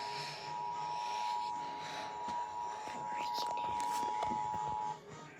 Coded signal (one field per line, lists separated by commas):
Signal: Emergency Alert System (SAME) tones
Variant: 853 and 960 Hz attention tone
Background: speech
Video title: Eas 2